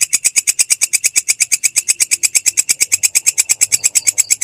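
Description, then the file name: Grasshopper calling with rapid, regular rasping pulses, sharp and high-pitched throughout without pause. "suara belalang kecek"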